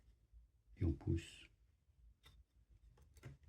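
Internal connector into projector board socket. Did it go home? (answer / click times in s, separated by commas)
yes / 3.2 s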